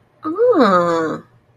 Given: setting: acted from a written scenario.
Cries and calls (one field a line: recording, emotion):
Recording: vocal sound without words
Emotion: interest